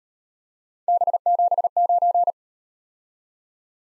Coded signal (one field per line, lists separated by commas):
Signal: Morse code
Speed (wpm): 38 wpm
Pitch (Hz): 700 Hz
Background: none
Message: B79